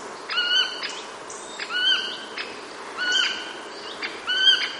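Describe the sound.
Bird calls, harsh harmonic notes with a thin whistled overtone, given about every 1.3 seconds over a faint background hiss.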